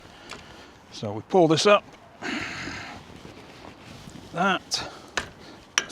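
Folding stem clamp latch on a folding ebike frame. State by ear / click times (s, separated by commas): seated / 5.8 s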